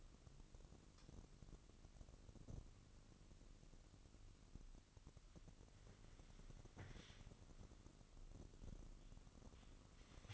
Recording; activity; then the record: daily activity, microphone in the room; start toaster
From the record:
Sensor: 4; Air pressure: 1007.9 hPa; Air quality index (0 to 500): 105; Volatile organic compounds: 1 ppm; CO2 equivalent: 775 ppm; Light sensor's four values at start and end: 9/20/8/8 and 10/24/9/9